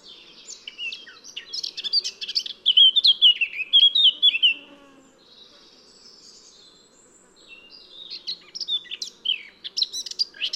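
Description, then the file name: Eurasian blackcap song: a scratchy warble climbing into loud clear fluted notes, a quiet gap, then another warbling phrase starts. "Sylvia atricapilla"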